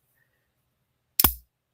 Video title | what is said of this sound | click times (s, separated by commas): Wednesday the 20th of May .. 2026 | Hear that click? You know it works. | 1.2 s